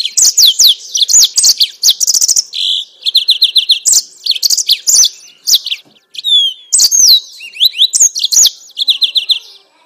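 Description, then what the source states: Yellow-fronted canary song: bright, high twittering of quick rising and falling whistles and dry trills, with a brief pause. Mozambique singer used as a bird-keepers' training recording for captive birds.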